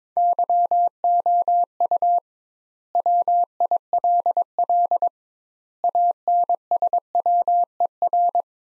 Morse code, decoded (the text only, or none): YOU WILL ANSWER